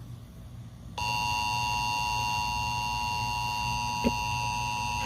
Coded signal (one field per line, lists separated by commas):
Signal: Emergency Alert System (SAME) tones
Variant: 853 and 960 Hz attention tone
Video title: Emergency Alert System T3st - Torando Warning April 28, 2017 Part 1